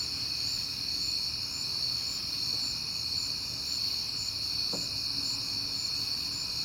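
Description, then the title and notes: Cricket chorus trilling steadily at high pitch, with a brief click in the second half and low background hum. At night in September, on a peaceful night; crickets heard often this month. "Night Time: Crickets and Passing Cars. It is September and I have been hearing the crickets a lot"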